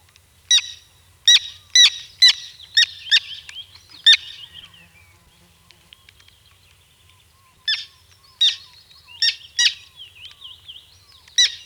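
Bird repeating a rapid string of harsh, grating notes, then a quiet stretch of soft chatter before more loud rasping calls return.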